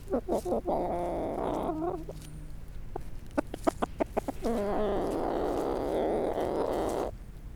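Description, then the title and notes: Brahma chicken: brahma hen with a rapid series of clucks, a cluster of sharp notes, then a long, steady drawn-out moan. Brahma hen alone in her enclosure at Aix-les-Bains, France, recorded while a person talks with her. "145 Bd Robert Barrier, 73100 Aix-les-Bains, France - Poule. Discussion avec une poule Brahma seule dans son enclos"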